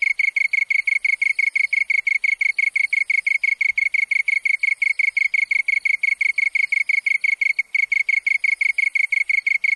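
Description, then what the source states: Japanese tree cricket song, a steady trill of rapid pulses at a constant pitch that runs throughout. Recorded on 27 August 1997.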